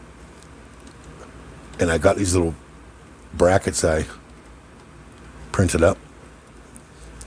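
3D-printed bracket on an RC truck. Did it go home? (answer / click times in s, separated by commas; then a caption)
yes / 6.8 s, 7.2 s. A 3D-printed bracket is pushed onto an RC truck while someone talks in three short bursts over a low steady background. Two sharp clicks follow at 6.8 s and 7.2 s as the printed bracket locks into place.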